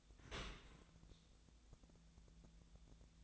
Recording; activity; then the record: daily activity, microphone in the room; open dishwasher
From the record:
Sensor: 3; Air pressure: 1000.5 hPa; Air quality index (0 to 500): 173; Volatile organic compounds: 3 ppm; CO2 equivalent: 1500 ppm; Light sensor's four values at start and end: 15/39/16/17 and 15/39/16/17